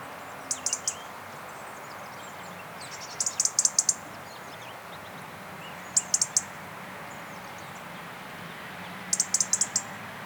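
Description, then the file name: European robin giving bursts of three to six sharp, high ticks roughly every three seconds, with faint soft chirps behind and a constant low hiss. "Erithacus rubecula"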